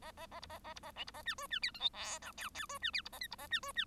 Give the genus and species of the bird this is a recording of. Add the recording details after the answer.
Lonchura striata domestica. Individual Bird1